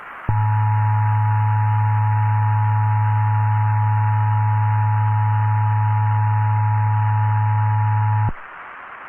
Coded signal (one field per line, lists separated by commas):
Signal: Emergency Alert System (SAME) tones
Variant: 853 and 960 Hz attention tone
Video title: A very Strange situation. (EAS)